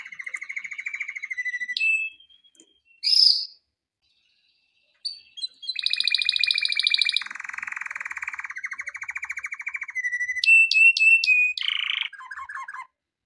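Canary song of varied rolling trills and buzzy rattles, switching between low and high pitched phrases, with sharp whistled notes and brief pauses.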